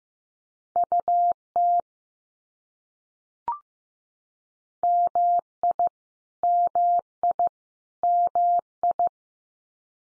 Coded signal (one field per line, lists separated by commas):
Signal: Morse code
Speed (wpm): 15 wpm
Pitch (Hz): 700 Hz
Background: none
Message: UT MI MI MI